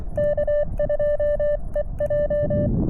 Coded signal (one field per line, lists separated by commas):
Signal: Morse code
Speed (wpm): 24 wpm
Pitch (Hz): 590 Hz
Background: music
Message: K2EJ